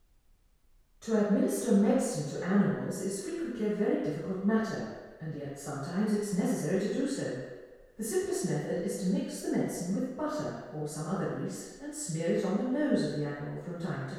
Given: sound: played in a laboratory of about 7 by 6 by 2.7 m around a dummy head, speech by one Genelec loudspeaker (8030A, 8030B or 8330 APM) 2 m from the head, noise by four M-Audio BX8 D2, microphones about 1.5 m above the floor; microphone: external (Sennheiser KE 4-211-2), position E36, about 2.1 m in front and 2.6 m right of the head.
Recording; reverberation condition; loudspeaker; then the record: female speech in English; high; 120 degrees to the right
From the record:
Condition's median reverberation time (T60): about 1300 ms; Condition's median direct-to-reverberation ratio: about -4.0 dB